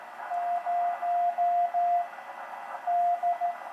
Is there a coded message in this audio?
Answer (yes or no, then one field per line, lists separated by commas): yes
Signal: Morse code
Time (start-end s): 0.3-3.5 s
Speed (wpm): 13 wpm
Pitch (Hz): 700 Hz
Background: radio noise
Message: 0 D